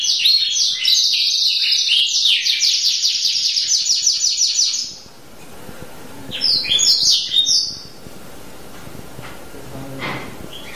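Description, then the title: Canary song: a loud, rolling high trill for about five seconds, then after a pause a shorter burst of sharp notes. Champion singer. "Kicau Burung Kenari Juara"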